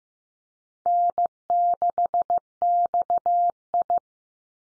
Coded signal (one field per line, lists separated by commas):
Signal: Morse code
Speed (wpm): 15 wpm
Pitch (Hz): 700 Hz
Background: none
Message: N6XI